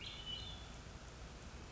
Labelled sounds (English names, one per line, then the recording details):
Hermit Thrush
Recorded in Sonoma County, California